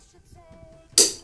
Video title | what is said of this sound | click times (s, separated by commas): Ultra Compact & Lightweight Travel Bike - DAHON Unio E20 Review & Test | will snap in place hard to secure it perfectly and there we go | 1.0 s